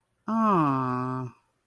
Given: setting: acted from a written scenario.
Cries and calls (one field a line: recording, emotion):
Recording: vocal sound without words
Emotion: sympathy